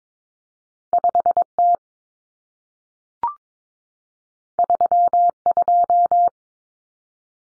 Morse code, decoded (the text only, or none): 5T 32